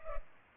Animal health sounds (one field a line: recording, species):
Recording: mosquito wingbeat signal from an infrared sensor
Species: Culex pipiens